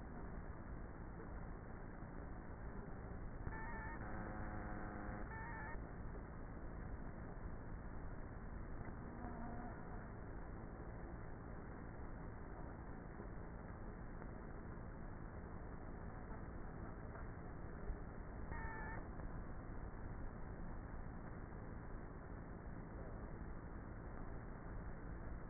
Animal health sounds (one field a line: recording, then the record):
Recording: honeybee colony, microphone inside the hive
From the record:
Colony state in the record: queenless with a low population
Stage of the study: before two queens were removed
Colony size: about 30,000 bees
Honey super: no